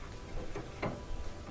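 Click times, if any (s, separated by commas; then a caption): 0.8 s. A metal retaining bracket is moved over the gas valve solenoid coils of a Duet dryer that was not heating enough, until its holes index onto the plastic tabs. After a faint earlier tick, one sharp click sounds at 0.8 s, and the bracket is seated in place.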